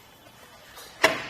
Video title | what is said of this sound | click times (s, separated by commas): etrailer - Fit Check: Kuat Sherpa 2.0 Bike Rack for 2 Bikes on a 2018 Ford Escape | hear it click back in place and now I can work on getting the bike moved | 1.0 s